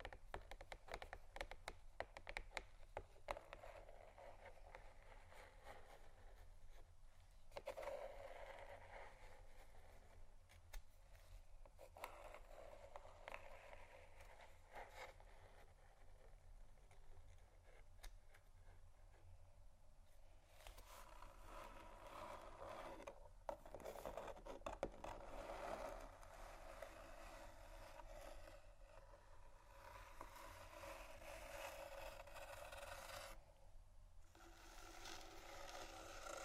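Continuous scratching and rubbing on cardboard boxes, with dense rasping strokes and occasional sharper taps, plus a steady low hum underneath.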